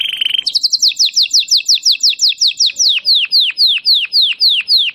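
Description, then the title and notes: Domestic canary song: a short buzzy trill, then a long series of rapid descending whistles that slow into wider, deeper-swooping notes near the end. Belgian canary singing; song style named "campainha" (bell). "Canário Belga Campainha Canary Singing. Canario Belga Cantando"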